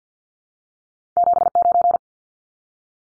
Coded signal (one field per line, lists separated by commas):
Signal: Morse code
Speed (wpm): 50 wpm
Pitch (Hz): 700 Hz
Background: none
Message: 79